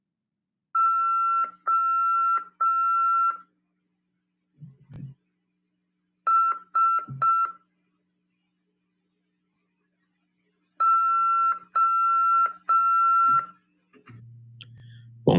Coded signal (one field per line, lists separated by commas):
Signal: Morse code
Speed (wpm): 5 wpm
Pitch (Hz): 1350 Hz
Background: none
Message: O S O